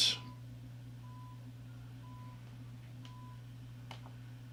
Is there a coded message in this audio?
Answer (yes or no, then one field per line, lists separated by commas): no